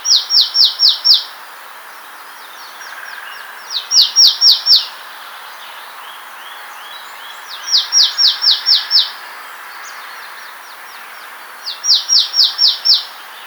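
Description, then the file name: Marsh tit repeating short phrases of five or six rapid, downward-slurred chips roughly every four seconds, with soft faint bird notes between and low background hiss. "Poecile palustris"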